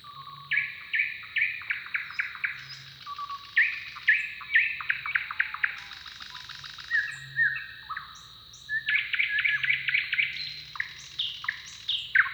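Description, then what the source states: Songbird phrases of clipped whistles and fast rattling trills, one burst after another, with a steady high whine behind. Song duel between neighbouring males.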